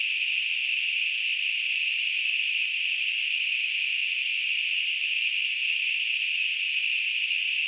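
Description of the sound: A synthesized tinnitus sound: a steady, continuous narrow-band hiss centred around 2.5 kHz that holds unchanged throughout, with no low-frequency content.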